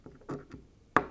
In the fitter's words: push down till you hear a click, and you'll see you've got the tack in the end there.